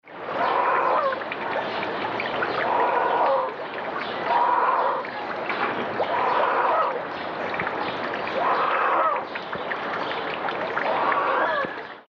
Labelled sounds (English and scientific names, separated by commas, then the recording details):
Bateleur (Terathopius ecaudatus)
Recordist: Tembrock, Günter
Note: Laute beim Flügeltrocknen